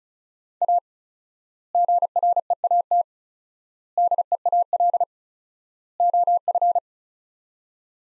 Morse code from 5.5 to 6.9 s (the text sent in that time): OF